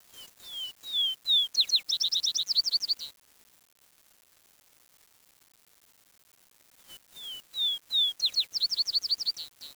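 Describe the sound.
Bird singing two phrases several seconds apart, each opening with slow falling whistles and quickening into a rapid run of high chirps, with quiet between them.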